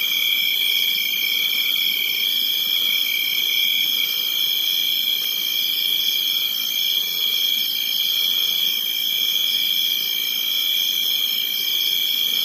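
Cricket: a dense, continuous high trill with several stacked tones and a faint wavering pulse, steady for the whole stretch.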